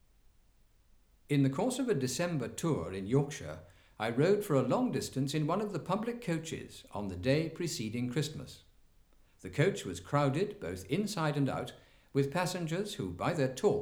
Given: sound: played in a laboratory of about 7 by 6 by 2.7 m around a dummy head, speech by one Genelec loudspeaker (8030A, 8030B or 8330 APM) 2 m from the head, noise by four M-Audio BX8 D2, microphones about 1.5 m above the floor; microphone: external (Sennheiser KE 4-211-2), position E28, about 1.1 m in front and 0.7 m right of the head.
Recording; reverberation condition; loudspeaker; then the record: male speech in English; medium; 30 degrees to the right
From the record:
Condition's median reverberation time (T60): about 510 ms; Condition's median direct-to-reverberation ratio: about -0.5 dB